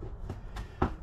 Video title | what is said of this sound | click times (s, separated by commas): How To Install Piping Kit On A 6.7 Ford Powerstroke | so get this i heard it | 0.8 s